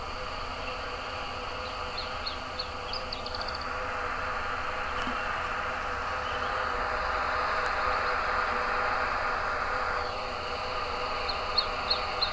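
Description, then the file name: Iberian chiffchaff gives one phrase of spaced notes accelerating into a quick series, then starts another near the end, over steady noise that swells in the middle. "Iberian Zilpzalp Kai Kruse"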